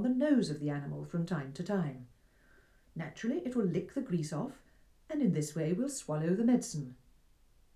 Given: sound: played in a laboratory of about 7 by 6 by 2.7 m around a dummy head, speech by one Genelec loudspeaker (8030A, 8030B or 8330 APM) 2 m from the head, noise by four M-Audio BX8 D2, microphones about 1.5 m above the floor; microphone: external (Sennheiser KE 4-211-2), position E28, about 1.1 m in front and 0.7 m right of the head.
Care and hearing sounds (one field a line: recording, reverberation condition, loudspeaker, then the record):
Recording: female speech in English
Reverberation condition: low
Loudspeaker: 30 degrees to the left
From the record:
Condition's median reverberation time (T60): about 310 ms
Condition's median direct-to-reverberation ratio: about 3.5 dB